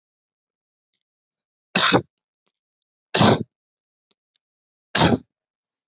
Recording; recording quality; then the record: heavy voluntary cough; excellent, no background noise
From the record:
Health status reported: healthy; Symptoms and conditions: none ticked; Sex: male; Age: 26 years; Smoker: not ticked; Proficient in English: yes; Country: India